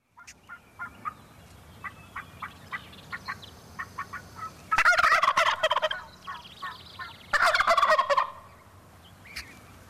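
Wild turkey gobbling in two loud, rapid rattling bursts, preceded by a series of short, spaced calls over a quiet background.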